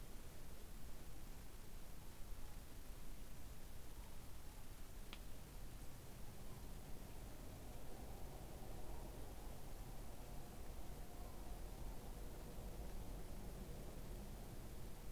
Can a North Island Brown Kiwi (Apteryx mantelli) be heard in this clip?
no